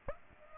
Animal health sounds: mosquito wingbeat signal from an infrared sensor; Aedes aegypti

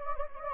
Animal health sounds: mosquito wingbeat signal from an infrared sensor; Anopheles gambiae

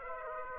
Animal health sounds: mosquito wingbeat signal from an infrared sensor; Aedes aegypti

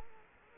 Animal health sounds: mosquito wingbeat signal from an infrared sensor; Culex quinquefasciatus

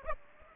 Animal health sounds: mosquito wingbeat signal from an infrared sensor; Aedes aegypti

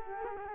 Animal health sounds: mosquito wingbeat signal from an infrared sensor; Culex quinquefasciatus

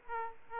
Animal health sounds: mosquito wingbeat signal from an infrared sensor; Aedes aegypti

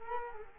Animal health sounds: mosquito wingbeat signal from an infrared sensor; Culex quinquefasciatus

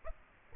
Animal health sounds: mosquito wingbeat signal from an infrared sensor; Aedes aegypti

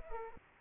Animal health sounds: mosquito wingbeat signal from an infrared sensor; Aedes aegypti

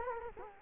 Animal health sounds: mosquito wingbeat signal from an infrared sensor; Culex quinquefasciatus

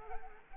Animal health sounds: mosquito wingbeat signal from an infrared sensor; Culex quinquefasciatus

